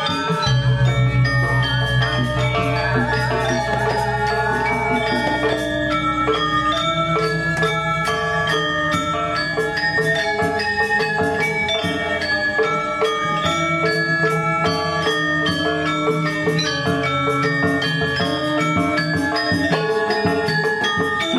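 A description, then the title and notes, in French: At the Puri Saren Agung palace in Ubud, bright bell-like metal percussion rings out in a dense, steady stream of rapid, regular strikes with long ringing tones. A low humming tone sits underneath for the first seven seconds, then lighter low notes continue throughout. Puri Saren Agung, le palais d’Ubud. C’est un endroit qui donne sur la rue principale (Jalan Raya Ubud).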